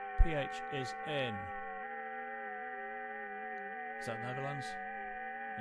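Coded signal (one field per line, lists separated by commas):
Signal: FT8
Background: speech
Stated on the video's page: FT8 via WSJT-X, hunting European stations, recorded from a livestream.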